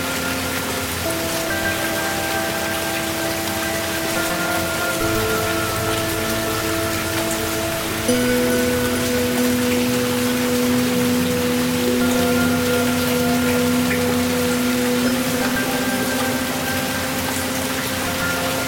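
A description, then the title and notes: Heavy rain hisses steadily throughout, while sustained humming tones sit underneath and shift to a lower, louder pitch around eight seconds. Heavy rain in guntown by Pong Wolfgun.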